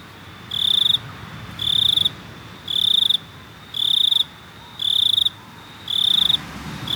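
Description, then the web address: Cricket chirps, each a rapid trill lasting about half a second, coming regularly about once per second over a quiet low hiss. "best service Blue Box animals crickets"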